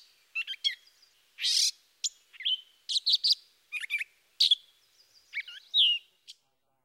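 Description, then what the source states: Gray Catbird song mixing a harsh rasping note with squeaky chips and nasal, slurred notes in an uneven, non-repeating sequence. Mimic species; disjointed, non-repeating song of harsh, squeaky and nasal phrases with occasional sweet notes; less melodic than mockingbird or thrasher.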